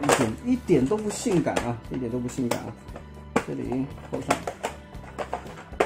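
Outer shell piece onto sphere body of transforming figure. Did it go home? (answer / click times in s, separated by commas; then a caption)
yes / 5.8 s. A plastic outer shell piece is pressed onto the sphere body of a Hasbro HasLab Transformers War for Cybertron Unicron transforming figure in its sphere mode while someone talks over background music. A softer knock comes at 5.3 s, and the shell piece snaps into its clasp with a sharp click at 5.8 s, seating it.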